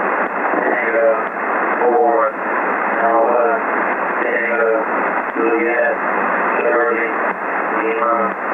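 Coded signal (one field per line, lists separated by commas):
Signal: coded military voice message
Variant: Emergency Action Message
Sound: male voice reading short evenly spaced coded words over noisy shortwave single sideband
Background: radio static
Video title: Andrews AFB (Maryland, USA) - Emergency Action Message - 11175 khz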